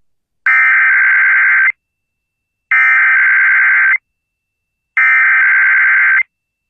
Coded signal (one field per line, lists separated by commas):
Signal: Emergency Alert System (SAME) tones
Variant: header bursts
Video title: Final Monthly and Weekly of May (EAS #18741-18769) 5/29/24